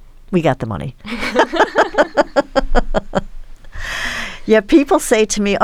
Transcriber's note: laughter